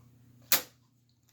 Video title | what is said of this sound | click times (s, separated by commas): How to Put a Computer Together - How-To Process Speech | And when you push it in, you're going to hear click, | 0.5 s